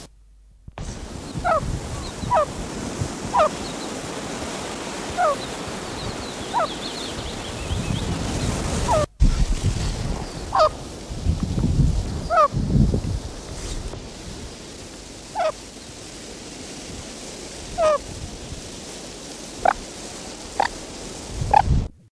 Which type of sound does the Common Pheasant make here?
call